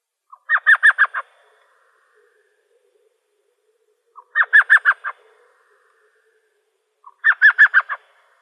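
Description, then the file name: Elf Owl repeating its chattering call three times: a short soft note, then a fast run of five yelping notes. Arizona. "ELOW 2 deviche"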